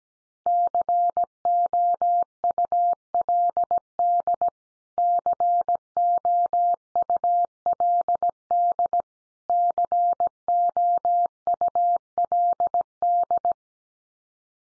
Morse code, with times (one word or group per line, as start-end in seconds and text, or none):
0.5-4.5 COULD
5.0-9.0 COULD
9.5-13.5 COULD